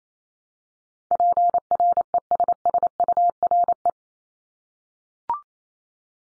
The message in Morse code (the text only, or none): PRESSURE